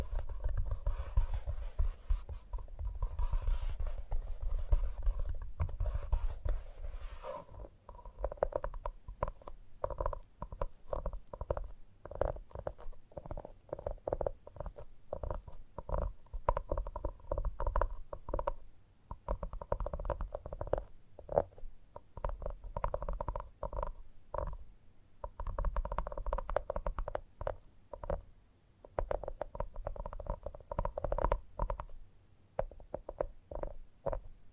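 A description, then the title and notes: Gentle, rapid tapping continues steadily throughout, soft with a hollow low thud, plus brief faint hiss in the first seven seconds. ASMR Gentle Tapping Tickles Your Brain (No Talking).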